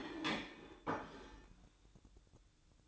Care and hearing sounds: daily activity, microphone in the room; place plate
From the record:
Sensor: 3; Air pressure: 1007.5 hPa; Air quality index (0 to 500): 54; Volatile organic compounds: 1 ppm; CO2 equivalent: 591 ppm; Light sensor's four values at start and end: 9/21/8/8 and 9/21/8/8

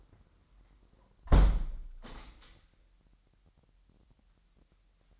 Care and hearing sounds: daily activity, microphone in the room; close window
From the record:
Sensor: 3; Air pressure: 998.1 hPa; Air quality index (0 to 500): 150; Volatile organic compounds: 5 ppm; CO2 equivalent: 1800 ppm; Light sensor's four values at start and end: 13/38/15/14 and 13/38/15/14

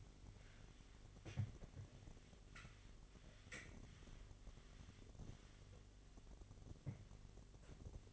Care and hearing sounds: daily activity, microphone in the room; wipe stove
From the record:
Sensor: 4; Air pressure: 1007.8 hPa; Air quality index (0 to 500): 199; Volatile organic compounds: 7 ppm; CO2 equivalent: 1988 ppm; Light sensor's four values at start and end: 23/72/27/26 and 22/71/27/26

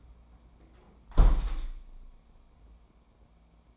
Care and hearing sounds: daily activity, microphone in the room; close window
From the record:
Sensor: 1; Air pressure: 1012.3 hPa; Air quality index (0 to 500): 162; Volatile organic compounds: 3 ppm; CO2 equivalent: 1322 ppm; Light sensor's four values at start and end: 164/372/165/177 and 169/383/171/185

